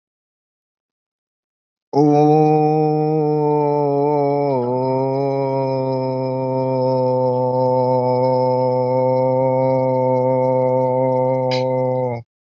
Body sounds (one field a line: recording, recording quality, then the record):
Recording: sustained vowel as in boot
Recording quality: excellent, no background noise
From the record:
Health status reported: healthy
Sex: male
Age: 27 years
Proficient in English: yes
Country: India